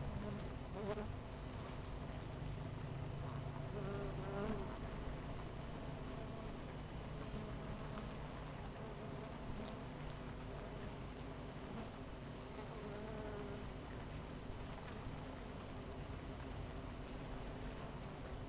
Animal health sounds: honeybee colony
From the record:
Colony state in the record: missing queen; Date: 14 July 2017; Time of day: 9:09

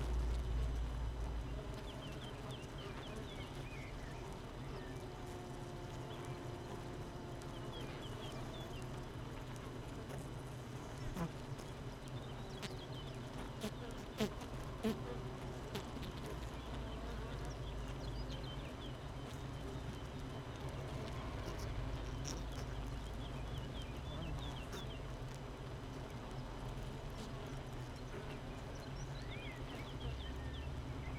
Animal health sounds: honeybee colony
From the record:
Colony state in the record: missing queen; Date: 31 May 2018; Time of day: 7:40

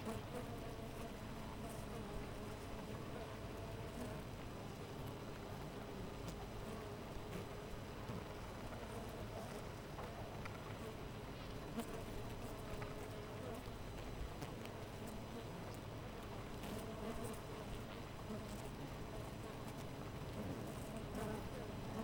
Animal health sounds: honeybee colony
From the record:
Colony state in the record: missing queen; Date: 14 July 2017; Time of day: 5:36

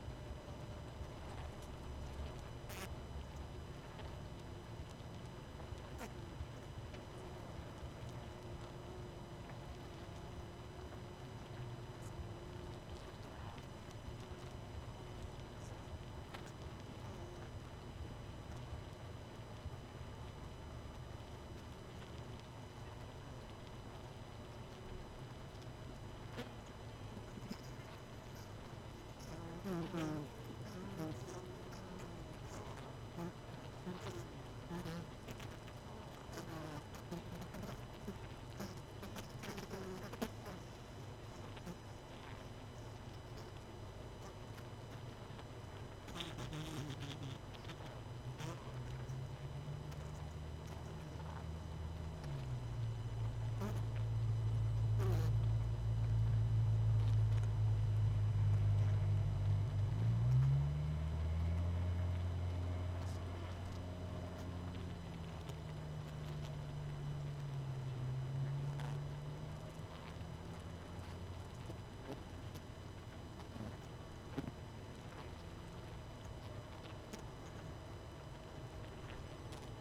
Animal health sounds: honeybee colony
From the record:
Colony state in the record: missing queen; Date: 31 May 2018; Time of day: 20:47

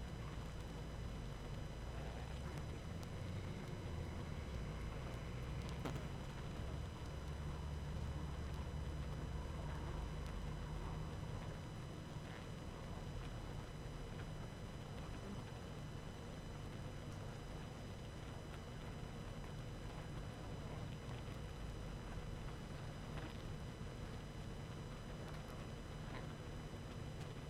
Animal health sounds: honeybee colony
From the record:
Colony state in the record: active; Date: 12 June 2018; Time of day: 19:22

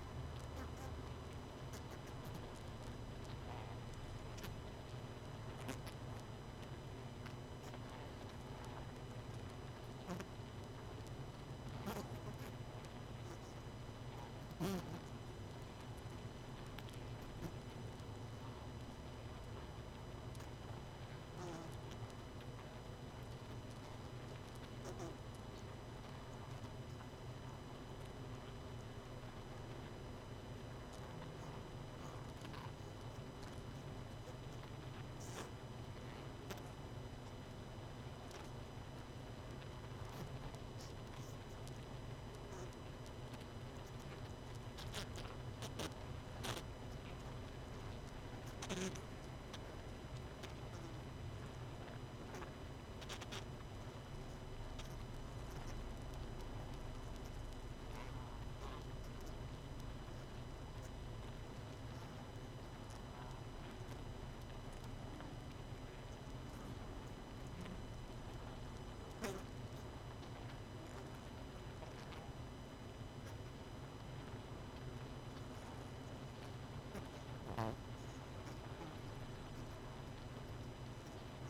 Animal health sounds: honeybee colony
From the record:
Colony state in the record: missing queen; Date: 31 May 2018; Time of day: 22:42

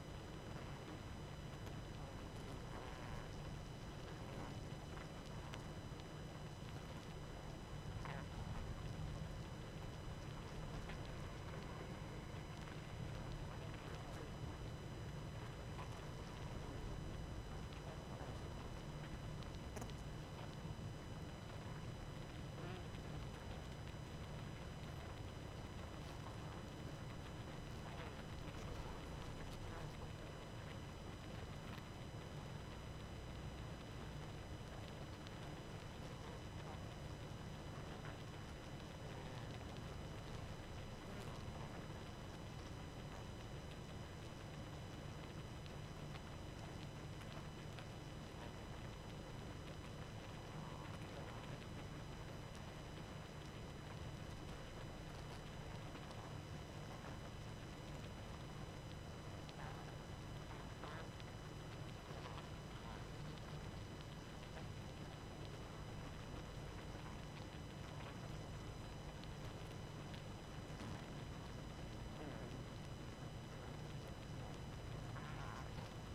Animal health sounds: honeybee colony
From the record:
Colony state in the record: active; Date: 12 June 2018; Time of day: 23:43

